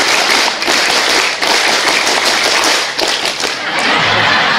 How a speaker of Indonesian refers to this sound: Oke, semuanya tepuk satu. Ah, gak kompak kayak gini, Indonesia sering maju karena dimulai dari Purwakarta yang gak kompak. Tepuk satu, tepuk dua, tepuk tiga, tepuk pramuka.